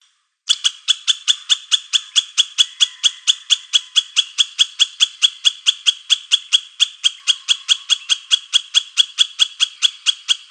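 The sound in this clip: Squirrel producing a long unbroken string of raspy barks, steady at a little over two per second, after a moment of silence at the start.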